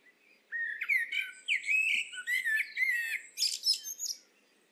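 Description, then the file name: Eurasian blackbird song: a flowing run of rich, slurred whistled notes ending in a burst of high, scratchy twittering. "Turdus merula"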